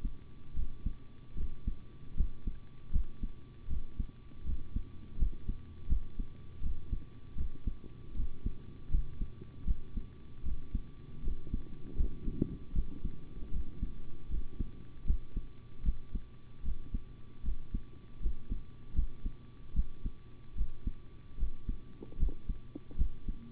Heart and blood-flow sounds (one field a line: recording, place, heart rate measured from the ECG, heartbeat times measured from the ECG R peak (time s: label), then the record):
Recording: heart sounds by stethoscope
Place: between the tricuspid and mitral areas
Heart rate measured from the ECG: 78 bpm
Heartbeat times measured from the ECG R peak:
0.54 s: heartbeat
1.35 s: heartbeat
2.15 s: heartbeat
2.91 s: heartbeat
3.68 s: heartbeat
4.44 s: heartbeat
5.17 s: heartbeat
5.87 s: heartbeat
6.61 s: heartbeat
7.35 s: heartbeat
8.15 s: heartbeat
8.90 s: heartbeat
9.65 s: heartbeat
10.43 s: heartbeat
11.22 s: heartbeat
11.96 s: heartbeat
12.73 s: heartbeat
13.51 s: heartbeat
14.29 s: heartbeat
15.05 s: heartbeat
15.83 s: heartbeat
16.63 s: heartbeat
17.43 s: heartbeat
18.20 s: heartbeat
18.94 s: heartbeat
19.74 s: heartbeat
20.55 s: heartbeat
21.37 s: heartbeat
22.18 s: heartbeat
22.96 s: heartbeat
From the record:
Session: rest, sitting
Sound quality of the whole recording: good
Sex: male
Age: 25 years